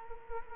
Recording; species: mosquito wingbeat signal from an infrared sensor; Culex quinquefasciatus